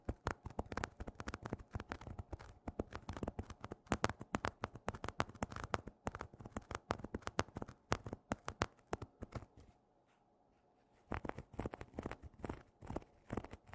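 Fingernails scratching on a tapestry cushion make dense, rapid, rough strokes that run almost continuously, with sharper bursts now and then. Around ten seconds the scratching stops for about a second, leaving near silence, then resumes just as busily to the end.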